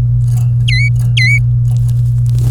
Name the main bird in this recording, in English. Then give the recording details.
Domestic Canary. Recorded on 24 April 2018 at 12:10. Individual llb3